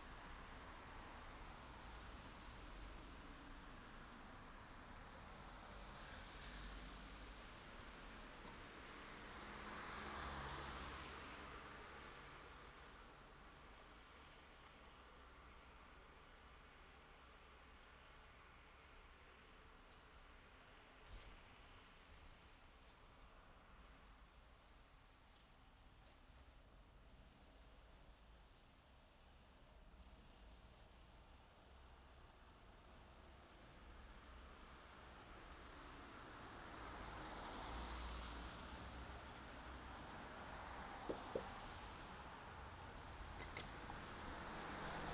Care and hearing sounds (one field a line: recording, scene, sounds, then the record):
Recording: everyday scene through a hearing-aid microphone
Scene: in traffic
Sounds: traffic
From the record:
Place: city secondary road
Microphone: in the ear canal, left